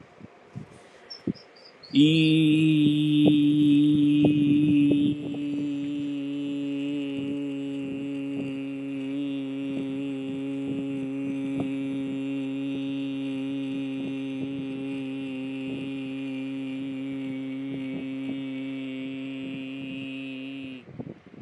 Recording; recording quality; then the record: sustained vowel as in beet; excellent, no background noise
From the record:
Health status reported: healthy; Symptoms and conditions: cough, cold, hypertension, diabetes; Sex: male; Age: 38 years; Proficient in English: yes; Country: India